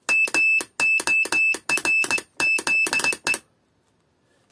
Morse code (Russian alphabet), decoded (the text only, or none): МОРЗЕ